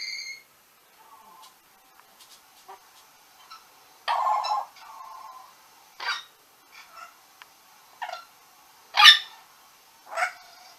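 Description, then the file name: Orange-winged amazon chattering with a varied mix of short squawks, clicks and a buzzy, grating note, ending in a sharp loud screech and another squawk. "venesuelskii amazon"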